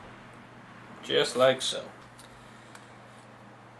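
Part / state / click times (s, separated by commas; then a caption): single-board computer into plastic case / partly seated / 2.8 s. A Raspberry Pi 3 board is pressed down into its plastic case half while someone talks, followed by a single soft knock at 2.8 s. The board is not fully seated in the case, and it should not be forced closed because that could damage the board.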